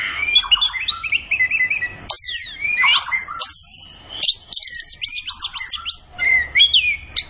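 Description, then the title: Orange-headed thrush song of fast twittering notes, swooping whistles and a run of quick descending chirps, delivered continuously with hardly a break. Kept songbird singing gacor, used as masteran to train other birds in Indonesian songbird keeping (kicau mania). "Anis Kembang Gacor. Kicau Mania Masteran Anis Kembang"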